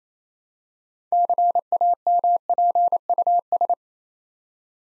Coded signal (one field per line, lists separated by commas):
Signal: Morse code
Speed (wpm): 27 wpm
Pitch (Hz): 700 Hz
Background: none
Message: CAMPUS